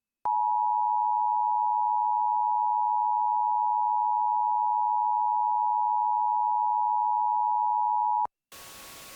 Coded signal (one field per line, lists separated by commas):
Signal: Emergency Alert System (SAME) tones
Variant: 853 and 960 Hz attention tone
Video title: EAS Mock #13: Uninhabitable